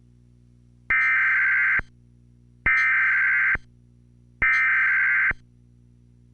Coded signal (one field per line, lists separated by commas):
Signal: Emergency Alert System (SAME) tones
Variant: header bursts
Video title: Top 10 EMERGENCY ALERT SYSTEMS INTERRUPTIONS